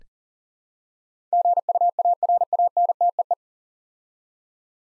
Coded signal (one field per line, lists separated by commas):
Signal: Morse code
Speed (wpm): 40 wpm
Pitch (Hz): 700 Hz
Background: none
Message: GUARANTEE